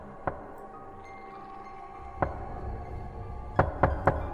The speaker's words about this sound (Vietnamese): Tiếng gõ cửa vẫn vang lên ở bên tai không dứt, lượn lờ trong hành lang của bệnh viện.